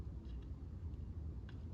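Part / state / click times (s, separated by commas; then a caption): plastic tab going into a slot on a transforming action figure / seated / 1.5 s. Plastic tabs on a transforming action figure are pushed into their slots to finish its transformation, with a low rumble of background noise underneath. A small, sharp click is heard at 1.5 seconds as the tabs seat in place.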